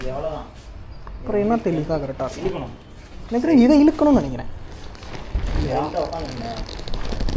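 Someone talks while a tent pole or clip is handled at a tent frame fitting during tent setup. Short sharp hits are heard at 5.0, 6.9 and 7.2–7.3 seconds. Nothing has seated or clicked yet by the end.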